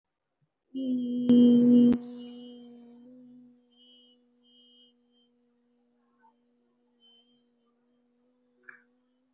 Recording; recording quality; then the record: sustained vowel as in beet; excellent, no background noise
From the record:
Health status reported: recovered from COVID-19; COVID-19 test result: positive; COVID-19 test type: RT-PCR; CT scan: taken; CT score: 0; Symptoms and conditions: cough, cold, breathing difficulty, sore throat, fatigue, another respiratory illness, another condition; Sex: female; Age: 25 years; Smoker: no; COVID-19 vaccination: both doses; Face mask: worn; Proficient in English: yes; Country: India